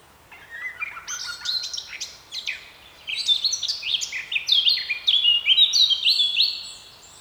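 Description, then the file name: Eurasian blackcap song: a quiet scratchy warble building into loud, clear fluting phrases of varied whistled notes, about seven seconds long. "Sylvia atricapilla"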